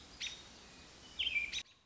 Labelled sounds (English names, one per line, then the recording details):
American Robin
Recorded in Sonoma County, California